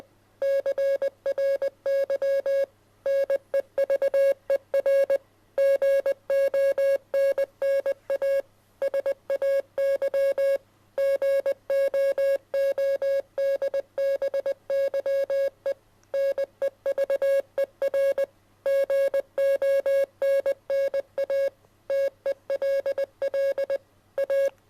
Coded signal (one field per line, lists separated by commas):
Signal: Morse code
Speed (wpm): 20 wpm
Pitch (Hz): 550 Hz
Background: music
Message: CRY NEVER GONNA SAY GOODBYE NEVER GONNA TELL A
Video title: Can you decode this morse code message?